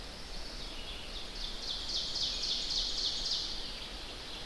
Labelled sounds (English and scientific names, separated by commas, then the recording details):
Ovenbird (Seiurus aurocapilla) song
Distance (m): 60 m
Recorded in boreal forest in Alberta, Canada, on 10 June 2016 at 06:57
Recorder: SongMeter 3, array SBT-3-39
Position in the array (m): 195 m, 89 m
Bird 17